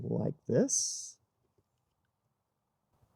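Someone talks briefly while the plug of a Fisker Ocean seat mat sensor simulator, turned so its release button faces down, is held at the seat occupancy sensor harness socket under the driver seat. A few faint handling ticks follow in near silence. Nothing has seated or clicked yet.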